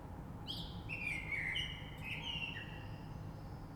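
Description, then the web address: Common blackbird song: a single mellow warbled phrase of varied whistled notes, with low background rumble. Recorded 3 March 2020. "oiseaux Rush Merle 3-3-2020"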